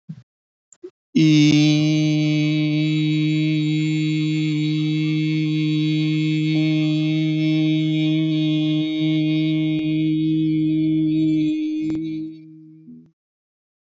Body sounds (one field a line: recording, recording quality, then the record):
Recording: sustained vowel as in beet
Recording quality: excellent, no background noise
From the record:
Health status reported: healthy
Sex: male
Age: 35 years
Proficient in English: yes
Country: India